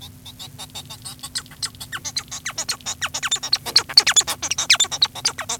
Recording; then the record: song of a male Bengalese finch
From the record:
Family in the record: son of father 1